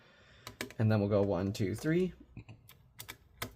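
A screw loosely placed on an internal part of a Framework 16 laptop is turned counter-clockwise in the chassis's threaded hole until its thread drops into the start of the hole, with a sharp click at 0.6 s. Someone talks, and soft ticks follow as the screw is turned three times to tighten it. The screw is seated.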